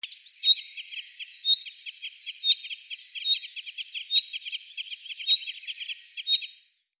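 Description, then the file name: Common chaffinch calling, a sharp high note repeated about once a second, mixed with busy high twittering and trilled phrases, then silence at the end. "Fringilla coelebs"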